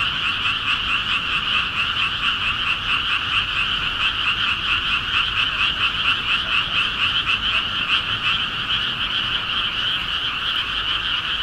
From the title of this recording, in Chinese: 仲夏夜的美丽青蛙声